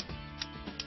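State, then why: Seated. The metal shackle of a Master Lock 1500iD Speed Dial combination padlock is squeezed twice toward the lock body to clear the lock before first use. Over a steady background tone, two short sharp clicks are heard at 0.4 s and 0.8 s. The shackle clicks into the lock body both times, clearing the lock.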